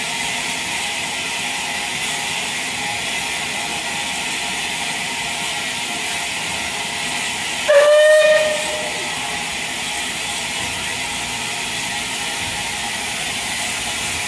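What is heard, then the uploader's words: A steam locomotive leaves a station amid a steady, dense hiss of steam and mechanical rattling. Near the eight-second mark a short, loud whistle blast rings out for about a second, then the even hiss and clatter carry on. 257 Squadron on the Spa Valley Railway. Bullied pacific with original air smoothed casing leaves Groombridge with a service to Tonbridge Wells.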